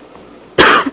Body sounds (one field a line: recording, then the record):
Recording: coughing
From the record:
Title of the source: 31 night wet cough